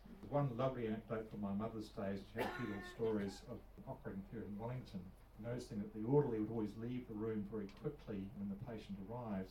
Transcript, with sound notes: There’s one lovely anecdote from my mother’s days; she had a few little [cough] stories of operating here in Wellington, noticing that the orderly would always leave the room very quickly when the patient arrived.